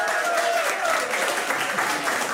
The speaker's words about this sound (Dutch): Geef haar een groot applaus